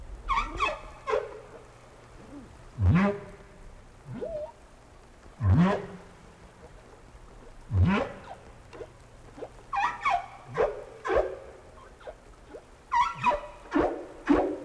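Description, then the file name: Whale calls, deep upsweeping grunts every few seconds mixed with higher falling squeals in short clusters. "tower whales"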